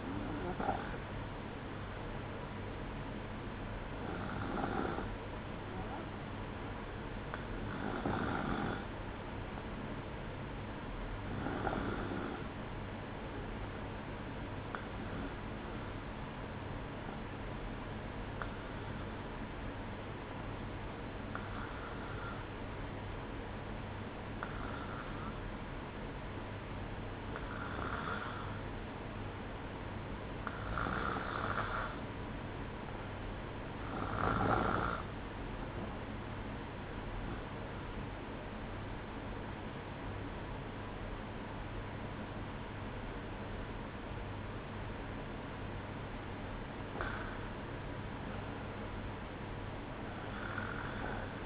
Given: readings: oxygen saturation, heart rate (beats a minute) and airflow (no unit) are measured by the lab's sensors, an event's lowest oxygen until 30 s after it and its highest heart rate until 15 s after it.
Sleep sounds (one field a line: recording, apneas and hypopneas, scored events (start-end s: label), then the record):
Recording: breathing in sleep by a voice recorder at the bedside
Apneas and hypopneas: 1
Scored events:
16.00-44.70 s: hypopnea (N1, oxygen 95% highest, then 93% lowest, heart rate 61 at the start, 64 highest)
31.00-51.46 s: new sleep stage, REM sleep
From the record:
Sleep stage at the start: N1 (lightest sleep)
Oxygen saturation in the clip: 93 to 95%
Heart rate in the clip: 60 to 64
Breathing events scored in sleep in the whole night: 305 in 9.6 hours asleep